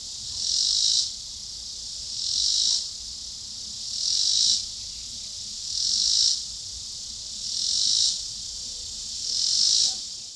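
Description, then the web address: Robinson's cicada gives a rhythmic, sizzling buzz: six one-second bursts, each building and ending sharply, spaced evenly about every two seconds, with quiet hiss between. Recorded in 2006. "Cicada images 2006 T robinsoniana"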